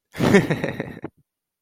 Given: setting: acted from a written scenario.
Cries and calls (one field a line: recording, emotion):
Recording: vocal sound without words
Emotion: amusement